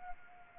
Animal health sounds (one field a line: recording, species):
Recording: mosquito wingbeat signal from an infrared sensor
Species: Anopheles arabiensis